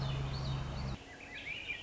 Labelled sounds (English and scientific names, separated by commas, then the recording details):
Swainson's Thrush (Catharus ustulatus)
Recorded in Sonoma County, California